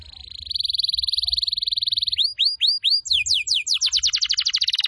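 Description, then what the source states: Atlantic canary song opening with a steady rapid rolling trill, then several separate swooping notes followed by a fast series of descending chirps. Song used as a lure to attract birds.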